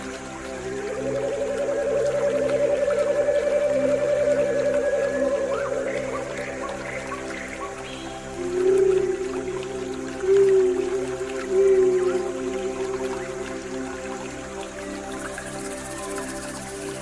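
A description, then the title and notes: A breathy pan flute holds one long, steady mid-range note from the opening to about six seconds, then plays three shorter, lower notes near 9, 10.5 and 12 seconds. A soft sustained backing drone underlies it, with faint water hiss. Immerse yourself in the soothing embrace of natural water sounds combined with the enchanting melodies of the pan flute.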